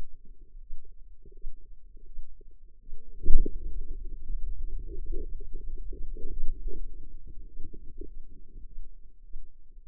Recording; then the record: forearm muscle sounds (acoustic myography)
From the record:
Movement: hand opening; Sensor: system 2, bracelet of six BSWA MPA416 microphones around the upper forearm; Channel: 1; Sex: female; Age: 25 years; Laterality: right